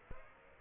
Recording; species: mosquito wingbeat signal from an infrared sensor; Aedes aegypti